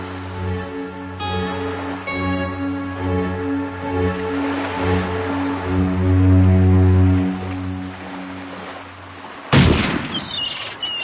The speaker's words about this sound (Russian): Перезарядить ружье, ваша милость. Птицы сейчас успокоятся и опять слетятся. Охота не бывает для меня удачной, если я промахнулся с первого выстрела.